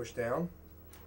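A second RAM memory module is pushed down into a matching-colour DIMM slot on a motherboard while someone talks. Nothing has seated or clicked yet; the module is still being handled.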